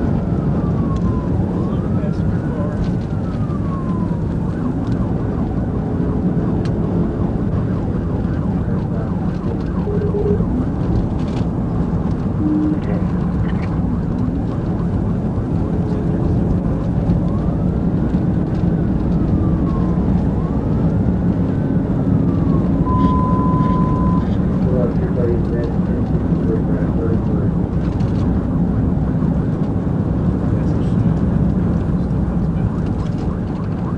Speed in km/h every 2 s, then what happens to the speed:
187, 179, 182, 185, 175, 177, 175, 190, 198, 203, 204, 206, 195, 193, 196, 179, 158.
0-12 slows to 175. 12-22 speeds up to 206. 22-24 brakes to 195. 24-29 steady at about 195. 29-34 brakes to 158.